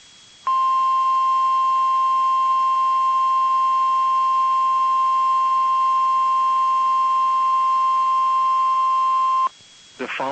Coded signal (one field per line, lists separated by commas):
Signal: Emergency Alert System (SAME) tones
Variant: 1050 Hz attention tone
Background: speech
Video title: EAS: Child Abduction Emergency